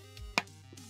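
A press-fit part for a belted Z mod on an Ender 3 3D printer is pushed in by thumb and seats with a sharp, loud click at 0.4 s. Fainter soft sounds come just before and after it over a steady low hum.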